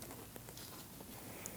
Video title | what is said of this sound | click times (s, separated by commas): How to Replace Front ABS Wheel Speed Sensors 2009-2017 Audi Q5 | Push it all the way down until you hear an audible click. | 1.5 s